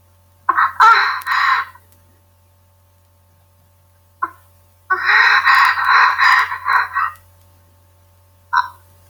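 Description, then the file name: Toad croaking in two long, harsh, rasping bursts, with brief single clicks between and after them, over a low steady hum. "Sapo"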